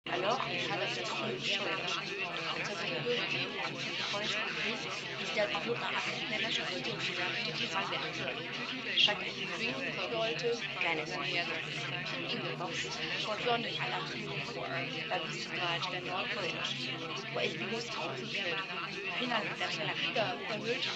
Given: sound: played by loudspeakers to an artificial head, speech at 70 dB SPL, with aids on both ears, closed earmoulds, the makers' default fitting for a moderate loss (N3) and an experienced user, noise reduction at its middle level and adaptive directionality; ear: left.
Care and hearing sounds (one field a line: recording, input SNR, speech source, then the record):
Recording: speech test signal (ISTS) in cocktail-party noise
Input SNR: -6 dB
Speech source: in front (0 degrees)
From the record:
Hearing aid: class 1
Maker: F